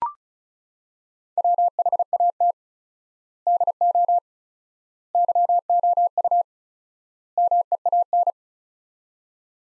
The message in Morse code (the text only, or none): WHAT DO YOU MEAN